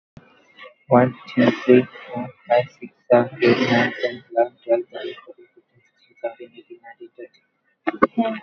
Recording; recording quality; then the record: counting at a fast pace; moderate, slight background noise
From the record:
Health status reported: COVID-19 positive, moderate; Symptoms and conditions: sore throat, fever, fatigue, muscle pain, loss of smell and taste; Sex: male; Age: 25 years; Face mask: not worn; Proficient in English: no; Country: India